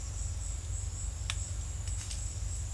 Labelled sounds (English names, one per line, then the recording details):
none
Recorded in secondary vegetation near Puerto Asís, Putumayo, Colombia, on 22 December 2024 at 15:00
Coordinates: 0.499, -76.323
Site G010